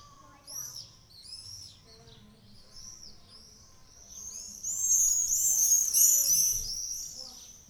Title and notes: Golondrinas En Ollo. Ollo, en Navarra donde durante una mañana de verano, donde unas veinte golondrinas revoloteaban a toda velocidad